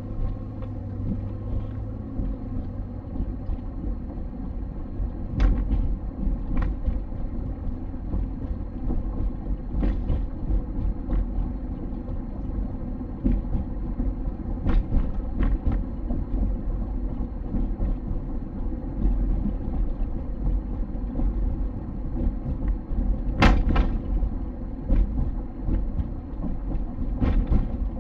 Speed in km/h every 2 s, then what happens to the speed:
28, 31, 34, 36, 37, 38, 39, 38, 37, 37, 36, 36, 35, 33.
0-12 speeds up to 39. 12-28 steady at about 36.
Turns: none.